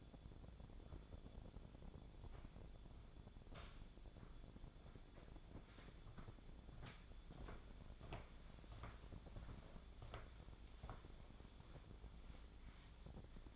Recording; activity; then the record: daily activity, microphone in the room; walk to room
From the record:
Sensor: 5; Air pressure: 1000.0 hPa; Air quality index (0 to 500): 89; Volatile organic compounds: 1 ppm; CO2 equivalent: 728 ppm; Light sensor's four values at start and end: 393/977/410/462 and 431/994/441/509